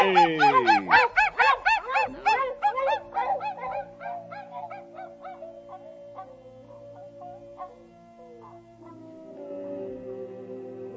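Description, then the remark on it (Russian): A team of sled dogs pulling a sled barks and yelps in a rapid, excited chorus of high, overlapping cries. The barking starts loud, then thins out and fades as steady sustained tones take over. “Едут королева с профессором и солдатом в своей собачьей упряжке.”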